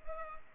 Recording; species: mosquito wingbeat signal from an infrared sensor; Culex pipiens